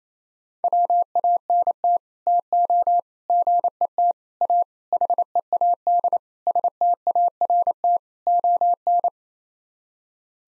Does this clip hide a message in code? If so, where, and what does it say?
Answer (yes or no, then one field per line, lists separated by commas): yes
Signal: Morse code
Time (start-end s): 0.6-9.1 s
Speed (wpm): 28 wpm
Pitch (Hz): 700 Hz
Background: none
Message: WANT TO GET A HEAD START ON